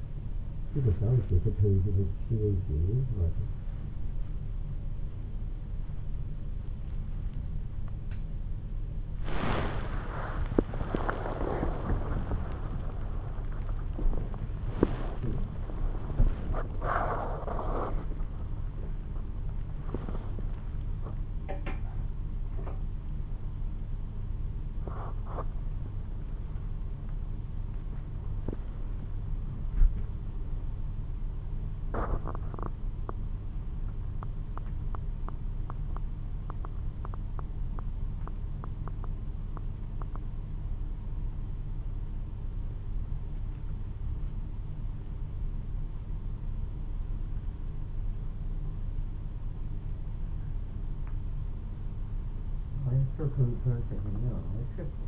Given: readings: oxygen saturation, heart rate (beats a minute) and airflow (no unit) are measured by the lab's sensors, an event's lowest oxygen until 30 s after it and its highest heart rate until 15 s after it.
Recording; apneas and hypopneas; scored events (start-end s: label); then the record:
a person awake in a sleep study, by a smartphone at the bedside; none
0.00-55.07 s: awake
From the record:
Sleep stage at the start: awake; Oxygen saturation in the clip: 83%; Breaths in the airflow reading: 12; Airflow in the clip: -4.7 to 7.7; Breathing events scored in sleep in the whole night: 388 in 6.5 hours asleep